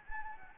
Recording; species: mosquito wingbeat signal from an infrared sensor; Anopheles gambiae